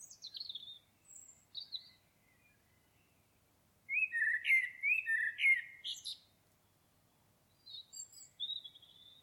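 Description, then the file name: Common blackbird: a few thin high whistles, then a strong phrase of rich warbling notes with squeaky accents, followed by more soft high notes. "Turdus merula"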